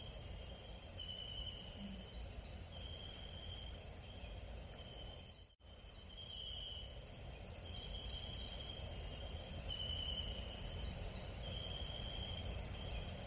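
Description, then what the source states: Crickets trilling in a continuous high, shrill chorus, with occasional lower buzzy bursts, over a low steady rumble; the sound briefly cuts out midway. Jungle at night while camping.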